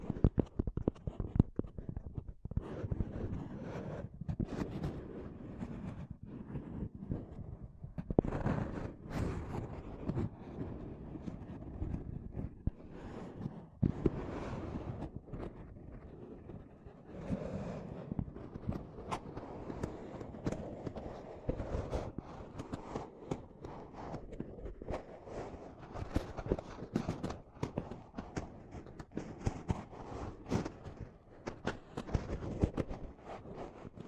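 Mic tapping and scratching runs continuously, a dense mix of low thuddy knocks and rough scraping with frequent sharp clicks. The rustle swells into brighter, louder bursts around 8, 14 and 17 seconds, then settles into a steady, busy crackle to the end.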